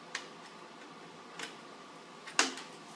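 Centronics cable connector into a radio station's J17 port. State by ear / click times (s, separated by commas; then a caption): seated / 2.4 s. A Centronics cable connector on a Northcomm Quantar cable is slid into the J17 port of a radio base station and latched. Faint ticks sound at about 0.2 s and 1.4 s, then a sharp, loud snap at 2.4 s marks the connector seating.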